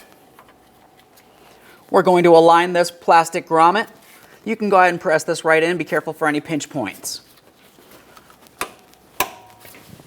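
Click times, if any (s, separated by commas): 9.2 s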